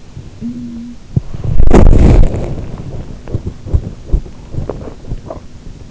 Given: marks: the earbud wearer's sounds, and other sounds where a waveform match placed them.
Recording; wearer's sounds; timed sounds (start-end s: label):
sounds in sleep by an in-ear microphone; talking in sleep, body movement
0.00-1.26 s: talking in sleep
1.26-5.83 s: body movement